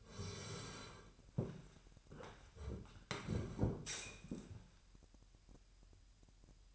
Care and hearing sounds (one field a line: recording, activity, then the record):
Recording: daily activity, microphone in the room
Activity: sit down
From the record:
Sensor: 2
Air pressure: 998.4 hPa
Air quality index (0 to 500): 128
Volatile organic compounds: 3 ppm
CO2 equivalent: 1449 ppm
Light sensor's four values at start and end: 7/15/7/7 and 8/18/8/8